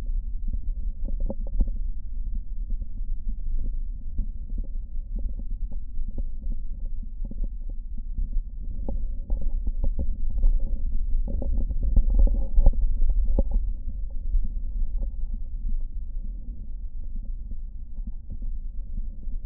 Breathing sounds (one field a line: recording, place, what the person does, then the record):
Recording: lung sounds by stethoscope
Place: left posterior basal chest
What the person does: quiet breathing, then deep breathing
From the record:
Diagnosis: COPD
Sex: male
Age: 57 years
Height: 165 cm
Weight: 85.7 kg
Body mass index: 31.5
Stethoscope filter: diaphragm mode